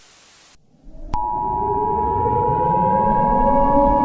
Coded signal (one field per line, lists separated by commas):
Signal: Emergency Alert System (SAME) tones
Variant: 853 and 960 Hz attention tone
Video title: [EAS Scenario] The Dueling Pandemics